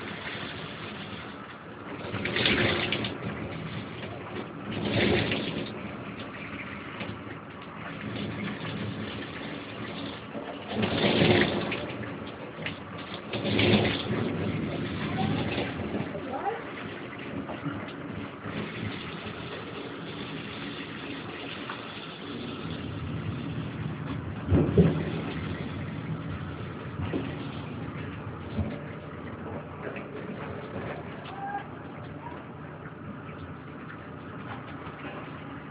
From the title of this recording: Shower recording of background noise